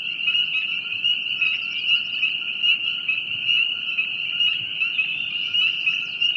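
Frog chorus forming an unbroken high-pitched trill, with soft swells in loudness.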